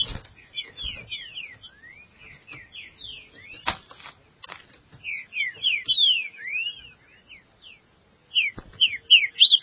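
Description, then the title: Green-winged Saltator singing rapid series of clear slurred whistles, phrases repeated with brief pauses, some sharp clicks in the background. "Trinca Ferro"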